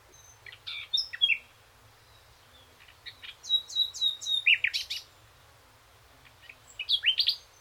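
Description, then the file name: Common nightingale singing three varied phrases of high chips, quick descending notes and brief trills, with short pauses between phrases. "Luscinia megarhynchos"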